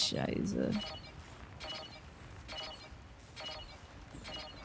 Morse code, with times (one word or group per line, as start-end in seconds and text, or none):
none